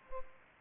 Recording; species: mosquito wingbeat signal from an infrared sensor; Culex pipiens